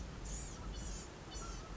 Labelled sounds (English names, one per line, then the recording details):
Blue-gray Gnatcatcher
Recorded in Sonoma County, California